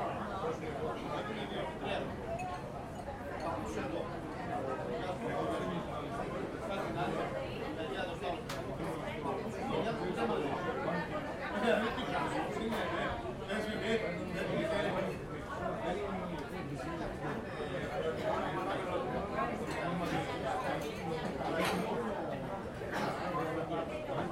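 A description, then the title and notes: A busy fish taverna full of overlapping conversation, a steady dense murmur of many voices that never lets up across the whole stretch. Occasional sharp clinks of dishes and cutlery cut through. Cretan Fish Taverna. Sounds of the restaurant named Akrogiali. The location of recording is Hersonissos, Creta, Mediterranean Sea, Europe.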